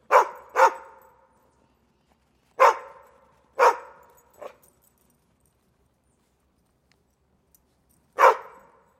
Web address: son dun chien qui aboie au loin la nuit loin de la ville